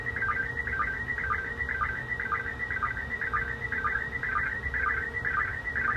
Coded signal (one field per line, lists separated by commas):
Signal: SSTV (slow-scan television)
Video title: ISS SSTV download 08/03 1900 UTC